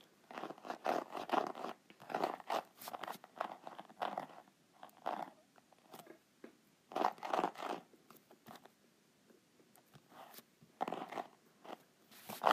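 Crisp, scratchy paper sounds from a notepad come in quick clustered bursts, like pages being rubbed, flicked or scribbled on. The scraping is bright and crackly, with brief quiet gaps near the middle and again before a final flurry.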